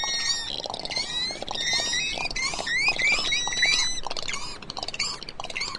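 Swallow twittering: a busy chatter of quick rising and falling chirps.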